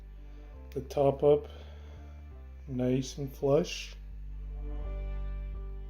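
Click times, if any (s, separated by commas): none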